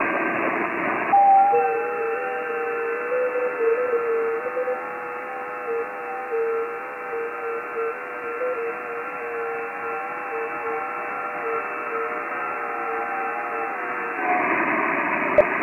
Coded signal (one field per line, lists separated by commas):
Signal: FT8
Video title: QLog (By W2JDB) as a companion program to WSJT-X for the Visually Impaired / Blind HAM.